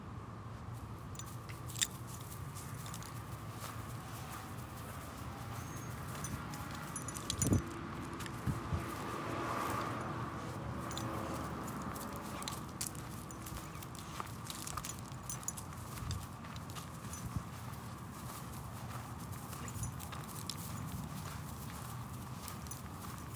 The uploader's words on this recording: Morning walk to watch the sunrise in Phoenix Arizona | Bird sounds | Cars. We walk through the adjacent streets of Central Phoenix by our home, taking in the sights and sounds of the neighborhood as we make our way to a perfect spot to watch the sunrise by the canal. June | Summer.